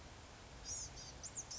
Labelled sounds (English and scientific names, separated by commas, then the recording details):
Blue-gray Gnatcatcher (Polioptila caerulea)
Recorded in Sonoma County, California